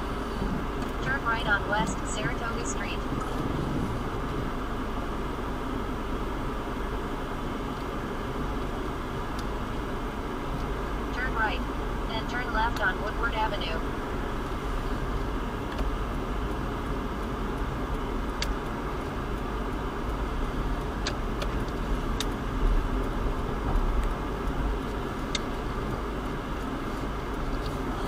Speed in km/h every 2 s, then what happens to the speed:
2, 0, 2, 3, 3, 5, 5, 5, 8, 5, 8, 10, 5, 5.
0-5 standing.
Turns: none.